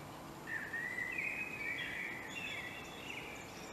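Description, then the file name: Common blackbird song, one flowing warbled phrase that wavers and rises, ending in thinner high notes, against faint hiss. "Turdus merula"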